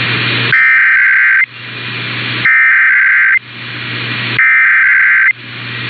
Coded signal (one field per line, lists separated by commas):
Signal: Emergency Alert System (SAME) tones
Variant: header bursts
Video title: EAS #231-246 - Los Angeles Monthly Tests (2/27/24)